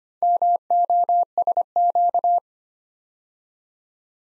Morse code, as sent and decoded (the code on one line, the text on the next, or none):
-- --- ... --.-
MOSQ